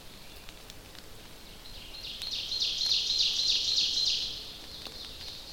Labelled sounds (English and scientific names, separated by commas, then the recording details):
Ovenbird (Seiurus aurocapilla) song
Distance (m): 55 m
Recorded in boreal forest in Alberta, Canada, on 29 May 2016 at 06:00
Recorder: SongMeter 3, array SBT-3-49
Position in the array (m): 70 m, 254 m
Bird 14